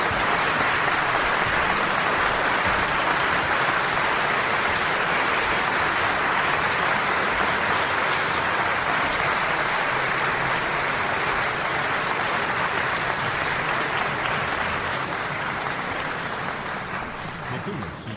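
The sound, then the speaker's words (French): Sustained audience applause after Georges Pompidou's lecture on Baudelaire, a dense, steady crackle of many hands clapping that continues evenly for about eighteen seconds before easing slightly at the end. “Que vous venez d'entendre et d'applaudir comme elle le méritait, je crois que la séance peut être dite levée.”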